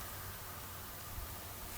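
A steel foothold trap, an MB-550, is being set by lowering the pan toward the point where the dog catches in the pan notch. Only steady broadband noise is heard, with a small low thump around 1.2 seconds. Nothing has seated or clicked yet, and the trap is not yet set.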